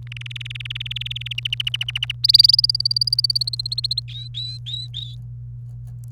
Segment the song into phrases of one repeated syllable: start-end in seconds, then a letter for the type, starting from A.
0.07-1.33 A, 1.38-2.12 B, 2.24-4.00 C, 4.08-5.15 D